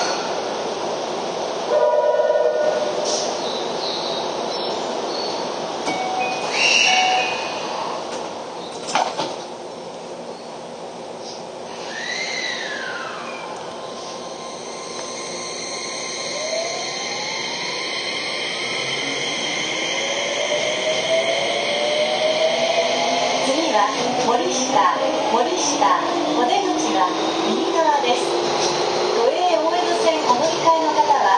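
A ride aboard a Keio 5000 series train, with a steady low rumble underneath throughout. Scattered clunks come in the first ten seconds, then rising motor whines sweep upward from about 12 seconds as the train accelerates, growing louder toward the end.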